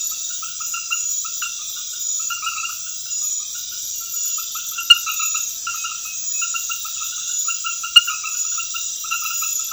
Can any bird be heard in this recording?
no